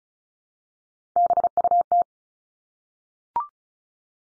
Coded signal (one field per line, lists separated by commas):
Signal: Morse code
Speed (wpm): 34 wpm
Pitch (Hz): 700 Hz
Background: none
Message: BUT